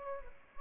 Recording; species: mosquito wingbeat signal from an infrared sensor; Aedes albopictus